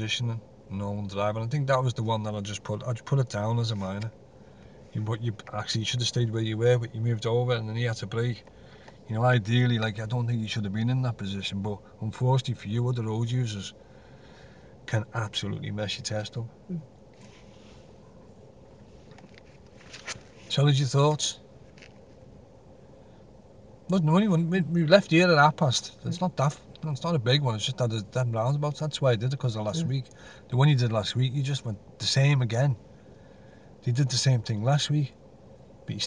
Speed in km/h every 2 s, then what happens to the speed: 0, 0, 0, 0, 0, 0, 0, 0, 0, 0, 0, 0, 0, 0, 0, 0, 0, 0.
0-36 standing.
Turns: none.